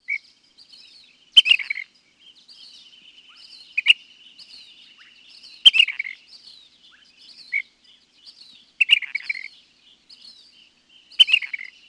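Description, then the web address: Ash-throated Flycatcher calls: abrupt, burry notes dropping in pitch, given every few seconds, over a steady high tone and soft chirps from other birds. "Peterson North American Birds"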